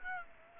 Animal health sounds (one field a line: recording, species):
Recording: mosquito wingbeat signal from an infrared sensor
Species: Aedes aegypti